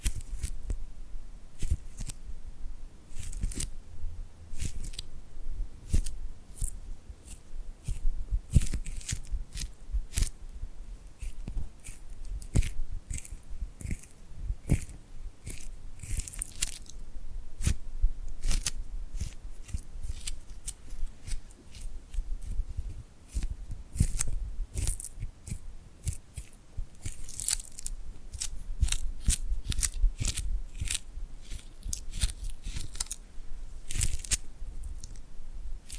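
Tingly glued hand sounds: rapid, sticky crackling and snapping as hands press together and pull apart. Sharp, bright clicks come densely and irregularly throughout, several per second, with a soft rumbling handling noise underneath.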